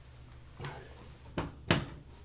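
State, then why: Partly seated. A tabbed plastic cover is pressed into a computer case, with softer knocks at 0.7 s and 1.4 s before a sharp snap at 1.7 s. The cover only partly clips in: the left side is clipped into place but the other side is not.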